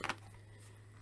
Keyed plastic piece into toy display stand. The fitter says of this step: align it and then it just snaps into place again once this is plugged in it's pretty much permanent